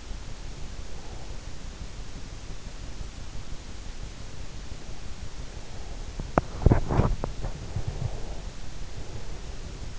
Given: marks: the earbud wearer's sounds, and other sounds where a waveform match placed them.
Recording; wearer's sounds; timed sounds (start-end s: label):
sounds in sleep by an in-ear microphone; breath, teeth grinding
0.00-1.58 s: breath
6.00-7.40 s: teeth grinding
7.60-9.99 s: breath